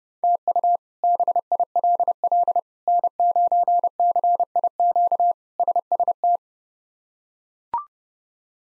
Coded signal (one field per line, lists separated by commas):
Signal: Morse code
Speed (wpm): 32 wpm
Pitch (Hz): 700 Hz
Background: none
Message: TU BILL N9CIQ SST